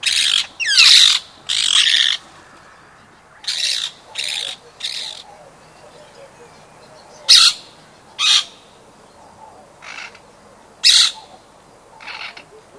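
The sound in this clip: Rose-ringed parakeet screeching repeatedly, loud harsh squawks in irregular bursts, some clustered, others spaced a second or two apart.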